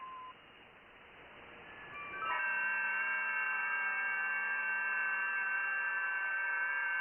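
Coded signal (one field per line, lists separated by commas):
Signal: FT8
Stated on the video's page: Amateur HF contacts made live on air using a homemade Christmas-light antenna.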